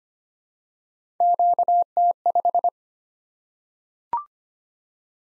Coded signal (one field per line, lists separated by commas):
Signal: Morse code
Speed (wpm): 25 wpm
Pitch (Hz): 700 Hz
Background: none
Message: QT5